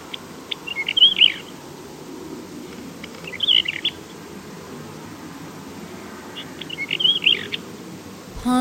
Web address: mourningwheatear